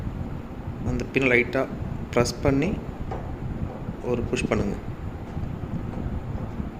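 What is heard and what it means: With the spring push-pin pressed in, a metal table leg tube is pushed and slid into the outer tube to bring the pin toward the hole while someone talks. A brief faint knock sounds at about 3.1 s, but nothing has seated or clicked yet.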